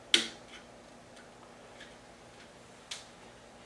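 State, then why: Seated. A thumb on the silicone boot presses a hotend nozzle assembly forward into a Bambu Lab A1 or A1 Mini 3D printer toolhead. A sharp click at 0.1 s marks the nozzle snapping into place, followed by a fainter click at 2.9 s and a few soft ticks. The nozzle seats.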